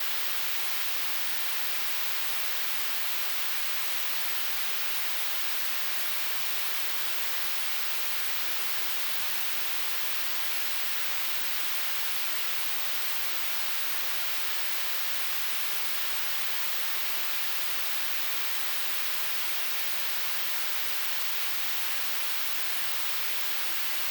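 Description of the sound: A steady, high-pitched hissing noise, like static, continuing unchanged throughout: a simulated tinnitus sound.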